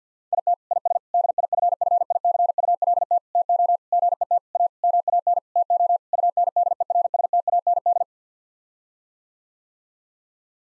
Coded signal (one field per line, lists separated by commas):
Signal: Morse code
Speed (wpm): 50 wpm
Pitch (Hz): 700 Hz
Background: none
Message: IT IS DIFFICULT TO GET A MAN TO UNDERSTAND